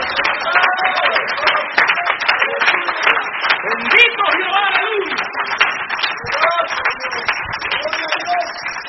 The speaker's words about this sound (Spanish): Oh, Dios mío, voy a aplaudir por algunos que no pueden en esta hora, hermano.